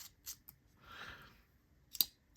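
A pen's refill and spring assembly is pushed back into the pen body by hand after the action felt off because the part wasn't seated right. Light scraping and handling sounds build to a sharp snap at 2.0 s, as the assembly seats properly.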